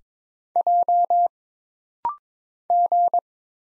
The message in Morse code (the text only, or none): J G